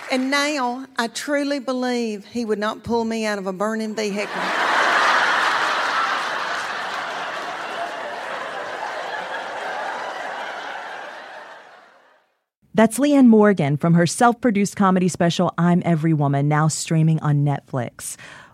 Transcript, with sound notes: And now I truly believe he would not pull me out of a burning vehicle.
(LAUGHTER)
That's Leanne Morgan from her self-produced comedy special "I'm Every Woman," now streaming on Netflix.